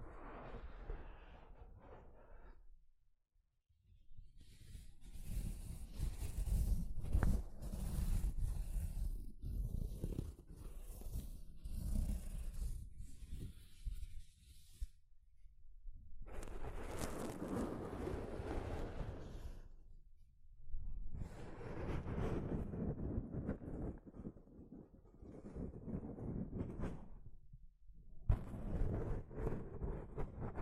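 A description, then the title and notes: Soft fabric brushes against a microphone in long rustling strokes, with short silent gaps near 3, 15, 20 and 28 seconds. The rubbing is dense and scratchy, heavy in the low rumble with brighter swishing edges, swelling and easing irregularly. ASMR Mic Brushing using Soft Fabric (No Talking).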